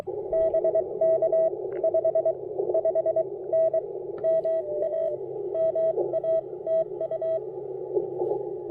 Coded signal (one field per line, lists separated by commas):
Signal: Morse code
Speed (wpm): 23 wpm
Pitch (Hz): 650 Hz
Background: radio noise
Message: BK 55N MA MA TU